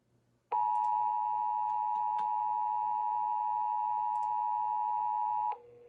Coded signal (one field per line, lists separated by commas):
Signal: Emergency Alert System (SAME) tones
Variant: 853 and 960 Hz attention tone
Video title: EAS 1339-1342: All other Weekly Tests from 2/10/2021